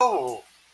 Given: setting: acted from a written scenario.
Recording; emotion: vocal sound without words; positive surprise